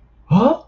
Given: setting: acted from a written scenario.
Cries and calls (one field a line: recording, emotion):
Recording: vocal sound without words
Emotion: positive surprise